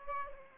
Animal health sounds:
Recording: mosquito wingbeat signal from an infrared sensor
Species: Aedes aegypti

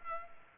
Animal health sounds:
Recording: mosquito wingbeat signal from an infrared sensor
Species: Culex pipiens

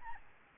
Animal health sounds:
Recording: mosquito wingbeat signal from an infrared sensor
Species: Aedes albopictus

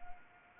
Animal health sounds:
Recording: mosquito wingbeat signal from an infrared sensor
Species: Anopheles arabiensis

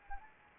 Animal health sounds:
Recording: mosquito wingbeat signal from an infrared sensor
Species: Anopheles arabiensis

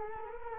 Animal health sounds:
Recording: mosquito wingbeat signal from an infrared sensor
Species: Culex quinquefasciatus

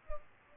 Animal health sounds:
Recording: mosquito wingbeat signal from an infrared sensor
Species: Culex pipiens

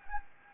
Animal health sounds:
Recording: mosquito wingbeat signal from an infrared sensor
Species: Anopheles gambiae

